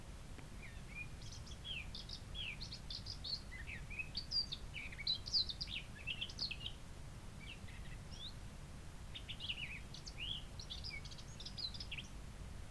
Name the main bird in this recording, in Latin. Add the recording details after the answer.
Sylvia atricapilla. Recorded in the wild. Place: Ossiach, Ossiachersee, Kärnten, AT. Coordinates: 46.6724, 13.9494. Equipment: Hornyphon, Phillips Mikrofon. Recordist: Brunner, Thomas